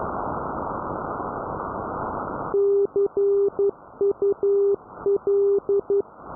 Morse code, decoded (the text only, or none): CUL